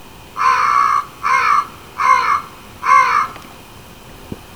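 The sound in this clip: Crow cawing, four harsh, hoarse caws each about half a second long, in quick succession, then a faint click.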